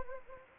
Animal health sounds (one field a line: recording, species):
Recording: mosquito wingbeat signal from an infrared sensor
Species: Anopheles gambiae